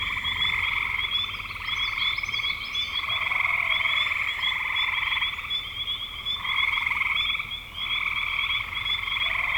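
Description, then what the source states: Frog chorus of dense pulsed trills with high chirping notes woven through, keeping up with only a short dip near the end. Spring 2025.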